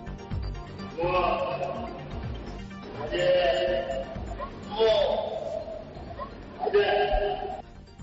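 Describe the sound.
An elephant gives four drawn-out, wavering calls at a steady pace, each harmonic and somewhat voice-like, over a constant low rumbling background.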